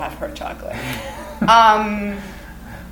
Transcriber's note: laughter